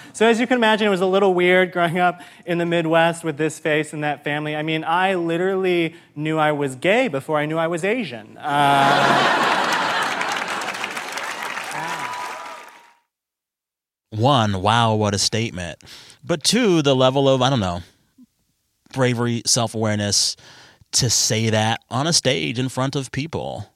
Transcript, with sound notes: So as you can imagine, it was a little weird growing up in the Midwest with this face and that family. I mean, I literally knew I was gay before I knew I was Asian.
(LAUGHTER, APPLAUSE)
One, wow, what a statement. But, two, to the level of, I don't know, bravery, self-awareness, to say that on a stage in front of people.